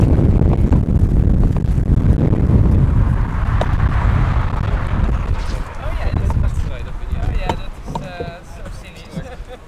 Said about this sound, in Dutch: Het is wat winderig.